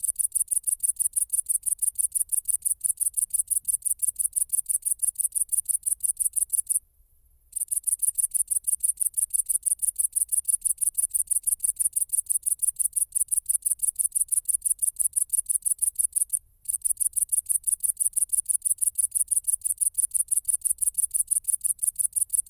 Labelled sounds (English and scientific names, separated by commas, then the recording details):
Great Green Bush-cricket (Tettigonia viridissima) stridulation
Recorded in the wild
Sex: male
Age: imago
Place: Kloster, Insel Hiddensee, Mecklenburg-Vorpommern, DE
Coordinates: 54.5897, 13.1044
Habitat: hedge
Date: 2008-09-09 20:50
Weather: ca. 15°C
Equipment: Sound Devices 702, Sennheiser MKH 70, Windkorb
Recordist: Frommolt, Karl-Heinz
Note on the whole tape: Am Ortsausgang von Kloster Richtung Dornbusch: Gesang einer einzelnen Tettigonia viridissima. Entfernung 50 cm bis 20 cm. Im zweiten Teil der Aufnahme wurde Tier mit Taschenlampe angeleuchtet